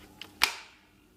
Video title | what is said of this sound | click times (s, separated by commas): Review: Stokke Xplory V3 Stroller in Black Melange | and it clicks into place. | 0.4 s